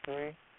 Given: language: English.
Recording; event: throat vibration sensor signal played as sound; speech